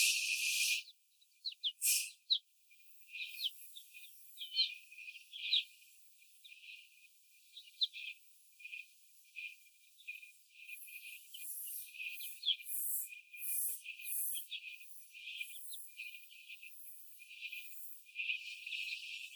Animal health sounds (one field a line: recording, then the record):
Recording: young laying hens in a cage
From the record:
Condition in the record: before the stressor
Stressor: simulated dog barking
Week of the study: 4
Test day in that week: 2